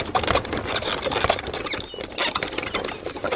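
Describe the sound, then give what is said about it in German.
An anchor winch that could use a drop of oil is cranked near the shore: a steady run of rapid metallic ratchet clicks and grinding mechanical rattle that continues loudly for a few seconds with no one speaking. “Die Ankerwinde könnte einen Tropfen Öl vertragen.”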